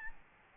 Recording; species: mosquito wingbeat signal from an infrared sensor; Aedes albopictus